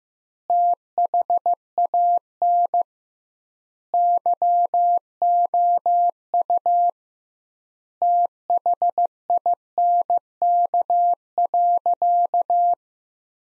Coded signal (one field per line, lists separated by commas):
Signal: Morse code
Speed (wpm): 15 wpm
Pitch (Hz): 700 Hz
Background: none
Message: THAN YOU THINK.